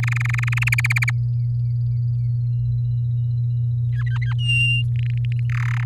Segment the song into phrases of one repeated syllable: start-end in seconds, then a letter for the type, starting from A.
0.03-0.69 A, 0.72-1.11 B, 3.93-4.33 C, 4.38-4.83 D, 4.95-5.40 E, 5.49-5.84 F